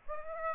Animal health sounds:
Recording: mosquito wingbeat signal from an infrared sensor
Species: Aedes aegypti

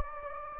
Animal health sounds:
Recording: mosquito wingbeat signal from an infrared sensor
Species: Anopheles gambiae

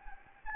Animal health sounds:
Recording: mosquito wingbeat signal from an infrared sensor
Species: Anopheles gambiae

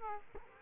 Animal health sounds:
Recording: mosquito wingbeat signal from an infrared sensor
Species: Culex quinquefasciatus

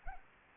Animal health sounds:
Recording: mosquito wingbeat signal from an infrared sensor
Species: Anopheles arabiensis

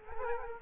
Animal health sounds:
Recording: mosquito wingbeat signal from an infrared sensor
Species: Culex quinquefasciatus

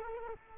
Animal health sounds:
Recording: mosquito wingbeat signal from an infrared sensor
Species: Culex quinquefasciatus

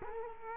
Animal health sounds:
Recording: mosquito wingbeat signal from an infrared sensor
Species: Culex quinquefasciatus

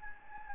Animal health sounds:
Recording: mosquito wingbeat signal from an infrared sensor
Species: Anopheles gambiae

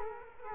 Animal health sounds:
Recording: mosquito wingbeat signal from an infrared sensor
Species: Culex quinquefasciatus

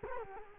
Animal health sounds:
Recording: mosquito wingbeat signal from an infrared sensor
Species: Culex quinquefasciatus

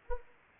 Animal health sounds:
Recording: mosquito wingbeat signal from an infrared sensor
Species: Anopheles arabiensis

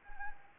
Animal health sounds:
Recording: mosquito wingbeat signal from an infrared sensor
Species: Anopheles gambiae

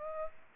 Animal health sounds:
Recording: mosquito wingbeat signal from an infrared sensor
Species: Aedes aegypti

